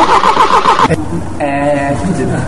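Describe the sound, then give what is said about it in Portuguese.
A car engine turns over and catches, its mid-pitched hum rising and wavering steadily for a couple of seconds while voices talk over it. “É o motor de carro.”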